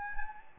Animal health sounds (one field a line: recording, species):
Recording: mosquito wingbeat signal from an infrared sensor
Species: Anopheles gambiae